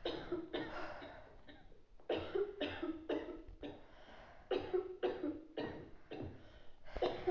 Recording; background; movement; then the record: deep breathing; a bystander coughing; sitting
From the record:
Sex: female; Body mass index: 22.6 kg/m2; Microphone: on the chest, facing outward